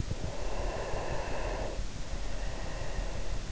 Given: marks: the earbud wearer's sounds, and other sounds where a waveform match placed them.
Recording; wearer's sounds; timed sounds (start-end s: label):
sounds in sleep by an in-ear microphone; breath
0.21-3.52 s: breath